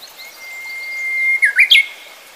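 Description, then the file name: Japanese bush warbler song with a long held whistle ending in a quick burst of three sharp, ascending notes. "uguisu"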